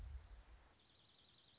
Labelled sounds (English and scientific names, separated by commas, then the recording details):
Dark-eyed Junco (Junco hyemalis)
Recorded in Sonoma County, California